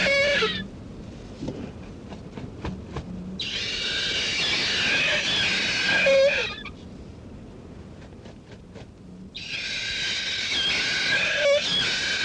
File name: kakapo